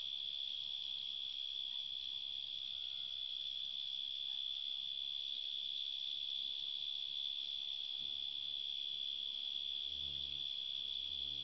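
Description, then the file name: Cricket trilling in one high, unbroken tone from start to finish, with faint low rumbles near the end. "grillos"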